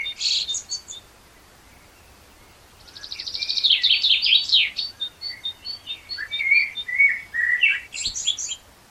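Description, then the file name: Common blackbird song: high squeaky notes, a pause, then a rich stretch of twitters and fluty warbled notes ending in high squeaks. "Turdus merula"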